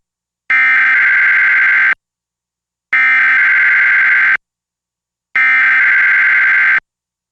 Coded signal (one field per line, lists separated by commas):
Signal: Emergency Alert System (SAME) tones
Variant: header bursts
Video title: EAS test (with the twc svr scroll) READ DESC